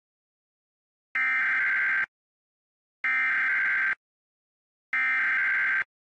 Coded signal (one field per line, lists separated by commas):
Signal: Emergency Alert System (SAME) tones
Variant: header bursts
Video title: (EXTREMELY RARE!!!!!!) (EAS #2,013) LAW ENFORCEMENT WARNING FOR DAWSON COUNTY NEBRASKA!!!! (10/8/24)